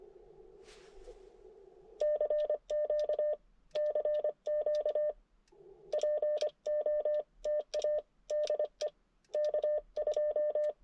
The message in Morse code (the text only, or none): CQ CQ POTA DE K2